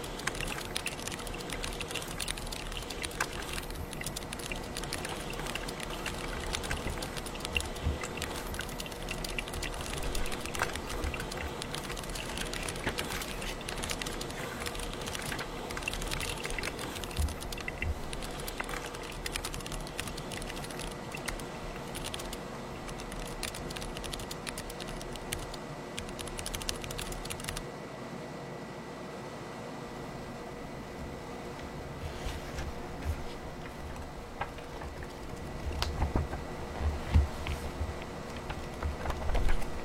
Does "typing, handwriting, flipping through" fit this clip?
yes